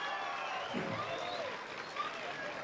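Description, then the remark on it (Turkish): A packed audience in Güneysınır applauds itself at a Ramadan Rahmet Akşamları event, dense clapping blended with scattered cheers and shouting voices, holding at an even, fairly loud level for a few seconds. “Peki güney sınır, kendinizi bir alkışlar mısınız?”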